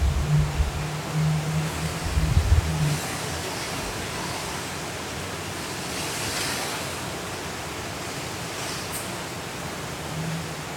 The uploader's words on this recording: Hurricane Kay in Los Cabos at Midnight. The hurricane didn't hit the city, but we recorded the sound of the wind, rain and city.